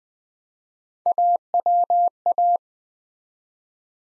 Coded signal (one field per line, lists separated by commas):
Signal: Morse code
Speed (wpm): 20 wpm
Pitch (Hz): 700 Hz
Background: none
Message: AWA